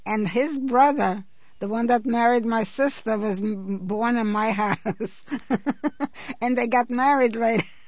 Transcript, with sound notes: And his brother, the one that married my sister was born in my house. (she laughs) And they got married right...